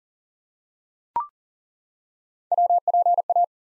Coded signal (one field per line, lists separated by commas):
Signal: Morse code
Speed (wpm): 42 wpm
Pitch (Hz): 700 Hz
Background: none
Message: WPA